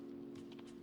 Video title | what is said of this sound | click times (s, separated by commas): CannonKeys Chimera Build Stream | it's quite easy to hear that click | 0.5 s, 0.6 s